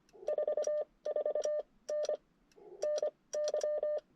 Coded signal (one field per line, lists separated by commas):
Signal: Morse code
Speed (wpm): 23 wpm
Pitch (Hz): 600 Hz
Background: none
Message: 44N NY